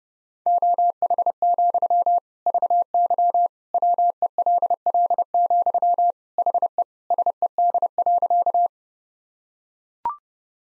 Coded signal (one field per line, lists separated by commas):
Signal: Morse code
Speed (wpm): 30 wpm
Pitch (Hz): 700 Hz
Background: none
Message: OH, VY WELL, HE SED.